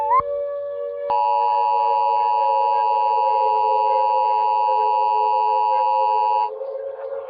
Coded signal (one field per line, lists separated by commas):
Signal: Emergency Alert System (SAME) tones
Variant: 853 and 960 Hz attention tone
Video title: Nuclear Attack EAS Scenario (15/06/1982) [Worcester, England]